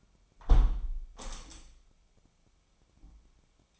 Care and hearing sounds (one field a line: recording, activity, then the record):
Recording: daily activity, microphone in the room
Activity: close window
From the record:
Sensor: 1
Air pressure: 998.0 hPa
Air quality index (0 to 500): 121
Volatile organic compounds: 3 ppm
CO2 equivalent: 1445 ppm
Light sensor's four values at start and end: 17/58/23/24 and 18/58/23/24